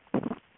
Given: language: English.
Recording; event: throat vibration sensor signal played as sound; swallow